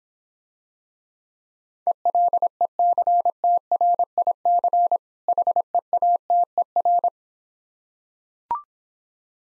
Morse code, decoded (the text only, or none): ELECTRIC HEATER